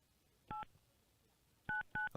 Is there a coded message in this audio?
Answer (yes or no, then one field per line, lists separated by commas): yes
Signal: DTMF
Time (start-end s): 0.5-2.1 s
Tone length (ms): 140 ms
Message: 8 99